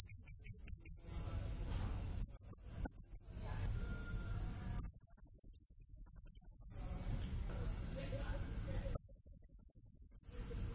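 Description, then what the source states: Blue-crowned hanging parrot uttering several bursts of rapid, very high, shrill notes, some short and some lasting two seconds, separated by pauses with low background noise. Lure recording used to attract other birds; also used as a tutor (nasteran) call; lively, energetic 'nembak gacor' calling style.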